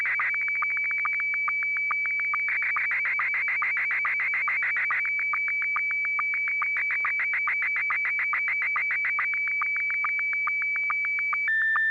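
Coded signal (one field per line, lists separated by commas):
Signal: SSTV (slow-scan television)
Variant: Scottie 1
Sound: steady high whistle with rapid regular ticking pulses, then a lower steady tone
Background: low hum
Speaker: all right I'm just going to send this one Scotty one and 6 YG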